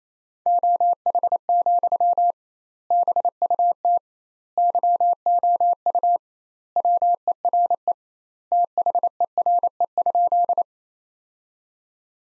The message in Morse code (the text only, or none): OH, BUT YOU WERE THERE?